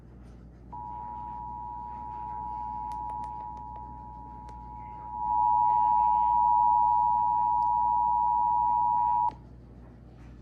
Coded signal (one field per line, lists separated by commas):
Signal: Emergency Alert System (SAME) tones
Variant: 853 and 960 Hz attention tone